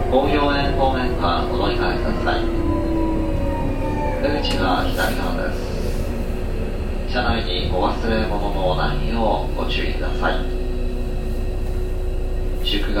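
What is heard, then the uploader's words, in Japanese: A local train on the Kobe Line runs with a steady low rumble and a constant humming tone throughout. Voices speak over it in bursts, clustered near the start, around four to five seconds, and again from seven to ten seconds. 阪急7000系 神戸線普通 西宮北口から神戸三宮まで。阪急電鉄7000系電車の走行音です。神戸線の普通列車にて収録しました。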